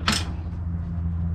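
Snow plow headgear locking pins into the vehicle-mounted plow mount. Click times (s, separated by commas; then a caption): 0.1 s. After the SnowEx plow headgear is pushed up into the mount on a 2022 Can-Am Defender Limited side-by-side and the handle is released, the spring-loaded steel locking pins snap into place with a single sharp metallic clunk at 0.1 s. A steady low hum continues underneath for the rest of the clip. The pins are locked and the plow is mounted to the side-by-side.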